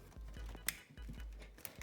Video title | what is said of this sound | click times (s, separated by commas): Team 195 At Home DIY STEM Videos: PC build guide | There we go. So once that clicks into place, you know that connector's in. | 0.7 s